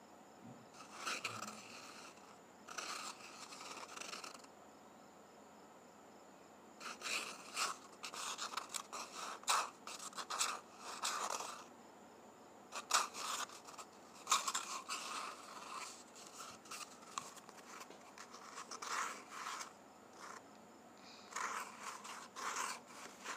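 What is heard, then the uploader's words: Toilet paper being handled: dry, papery crinkles and scrapes come in bursts lasting one to several seconds, with short quiet gaps between them. The rustling is bright and crackly, busiest in the middle stretch. A faint, steady high whine sits underneath throughout. ASMR Toilet Paper.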